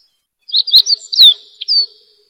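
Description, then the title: Bird song: a quick run of high, bright chirps and short whistled notes, including one sharply falling slur, then a final downward whistle, all in under two seconds. Walking through a home orchard; crisp birdsong heard in the quiet there. "行走在果园聆清脆鸟鸣"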